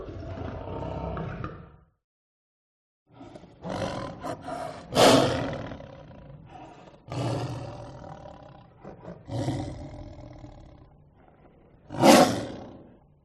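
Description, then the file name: Lion roars in several long, rough bursts separated by pauses, with one sharp, bright peak partway through and one near the end; no other sounds are clear. "audio hero Lion"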